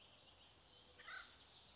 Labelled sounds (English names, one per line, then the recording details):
Acorn Woodpecker
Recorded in Sonoma County, California